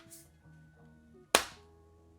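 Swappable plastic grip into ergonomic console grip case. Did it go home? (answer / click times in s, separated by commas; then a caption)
yes / 1.3 s. A swappable NeoGrip plastic grip module is pushed into an ergonomic console grip case, and it clicks into place with one loud, sharp snap at 1.4 s. Before the snap only faint low background hum is heard, and after it the sound quickly dies away. The grip is seated.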